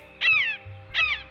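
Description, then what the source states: Blue Jay imitating a Red-shouldered Hawk: two loud, slightly descending screamed notes about three-quarters of a second apart, with faint low hum beneath. Heard in shrubs outside a window, mimicking a Red-shouldered Hawk call, with no hawk in sight.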